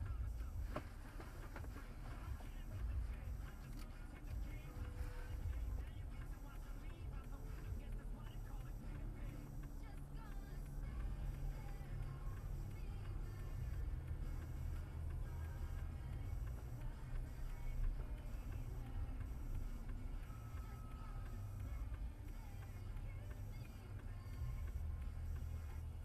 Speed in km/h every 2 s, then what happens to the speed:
0, 0, 0, 0, 0, 0, 0, 0, 0, 0, 0, 0, 0.
0-26 standing.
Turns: none.